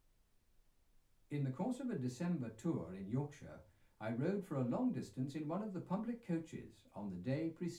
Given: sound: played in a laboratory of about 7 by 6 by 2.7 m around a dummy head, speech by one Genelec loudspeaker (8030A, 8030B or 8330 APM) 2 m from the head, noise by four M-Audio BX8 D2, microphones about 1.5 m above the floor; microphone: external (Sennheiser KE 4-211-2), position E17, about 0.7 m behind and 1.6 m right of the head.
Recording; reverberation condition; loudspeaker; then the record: male speech in English; low; in front (0 degrees)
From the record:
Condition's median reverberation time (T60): about 310 ms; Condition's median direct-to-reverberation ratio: about 3.5 dB